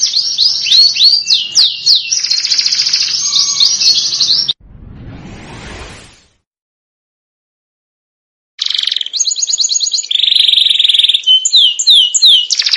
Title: Canto Para Esquentar Canário Belga. MASTERAN SUARA BURUNG KENARI GACOR PANJANG COCOK UNTUK SEMUA BURUNG